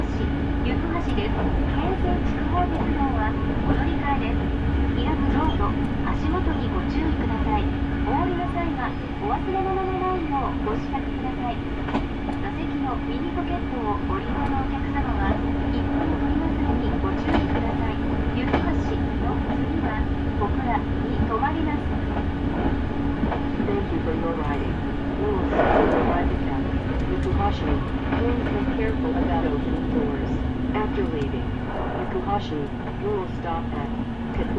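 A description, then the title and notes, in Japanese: Aboard a train, a steady low rumble and a constant mid-pitched hum run through the whole ride, holding an even loudness. Voices murmur on and off above it, with small clicks and rattles scattered throughout and a brief brighter clatter near 26 seconds. 耳で楽しむ鉄道旅 日豊本線特急ソニック6号 柳ヶ浦→小倉。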